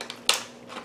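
A wire harness connector with a small clicking latch tab is pushed into the replacement power supply board of an Optoma TH1060 DLP video projector; it won't quite fit until given a firm push. After a couple of faint ticks, it seats with a sharp, loud click at 0.3 s, and the connector is fully home.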